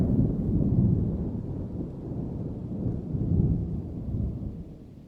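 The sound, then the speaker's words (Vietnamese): Steady rain pours outside at night in a dense, unbroken wash, with deep rolling rumbles of thunder swelling and fading beneath it. No voices are heard. “Bên ngoài, cơn mưa vẫn còn rơi.”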